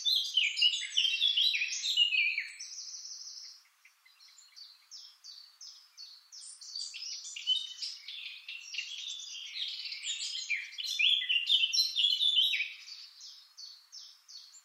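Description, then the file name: Eurasian blackcap song: loud tumbling warble, a short pause, then a long run of rapid chattering and fluty notes that rises in strength before easing off. "Sylvia atricapilla"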